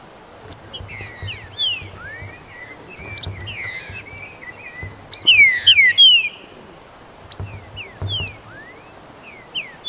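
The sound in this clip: Green-winged saltator song: scattered whistled upslurs and downslurs, a strong cluster of bright slurred notes near five to six seconds, high chirps throughout.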